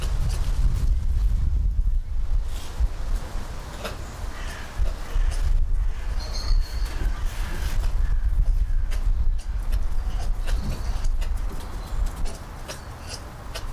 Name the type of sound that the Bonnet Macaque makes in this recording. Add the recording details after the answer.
call. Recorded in captivity. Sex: male. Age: diverse. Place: Tierpark Carl Hagenbeck, Hamburg, DE. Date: 1998-10-31 12:51. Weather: 8°C, bedeckt z.T. Regen, Wind. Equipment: Sony MD-WM MZ-R3, Sennheiser MKH 416 T, Kopie Uher 4000 Report Monitor. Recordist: Tembrock, Günter